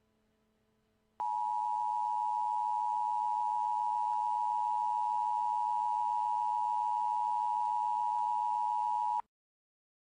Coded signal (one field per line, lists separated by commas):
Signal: Emergency Alert System (SAME) tones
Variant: 853 and 960 Hz attention tone